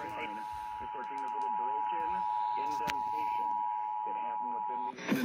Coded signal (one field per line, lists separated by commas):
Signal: Emergency Alert System (SAME) tones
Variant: 853 and 960 Hz attention tone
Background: speech